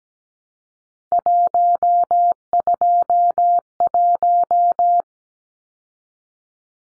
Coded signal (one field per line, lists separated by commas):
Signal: Morse code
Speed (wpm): 17 wpm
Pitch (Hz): 700 Hz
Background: none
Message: 121